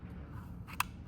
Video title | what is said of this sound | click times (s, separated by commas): BA/BF 12.1” Kayhan Audio head unit - installation guide | Pop that in. You'll hear the click again. Done. | 0.8 s